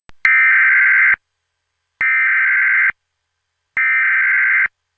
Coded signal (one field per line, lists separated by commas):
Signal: Emergency Alert System (SAME) tones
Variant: header bursts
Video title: EAS Scenario: Angels [Part 3] Ft. Seabass, BirboTheCamel, and Maro-Hell #eas #easscenario